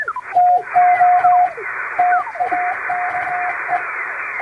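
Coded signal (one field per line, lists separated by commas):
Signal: Morse code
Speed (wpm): 21 wpm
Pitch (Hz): 720 Hz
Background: radio noise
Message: TO TAKE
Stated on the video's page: Recreation of shortwave Morse like coast station traffic, with added noise and fading, for receiving practice.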